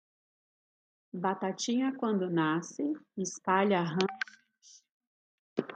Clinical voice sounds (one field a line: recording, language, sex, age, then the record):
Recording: short text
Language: Brazilian Portuguese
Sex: female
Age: 30 to 39 years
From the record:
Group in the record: control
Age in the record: 38 years